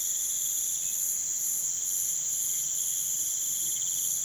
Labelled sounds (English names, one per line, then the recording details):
none
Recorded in pastures near Puerto Asís, Putumayo, Colombia, on 27 June 2025 at 04:00
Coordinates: 0.486, -76.323
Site H29